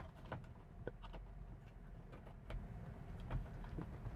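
A plastic mounting lug of a sunglasses holder is handled at an opening in a car's roof trim, with light scattered taps and rustling plastic sounds. Nothing has seated or clicked into place yet.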